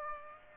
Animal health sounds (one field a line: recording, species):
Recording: mosquito wingbeat signal from an infrared sensor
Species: Aedes aegypti